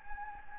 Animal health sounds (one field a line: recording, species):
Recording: mosquito wingbeat signal from an infrared sensor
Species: Anopheles gambiae